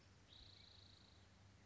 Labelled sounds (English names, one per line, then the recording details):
Spotted Towhee
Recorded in Sonoma County, California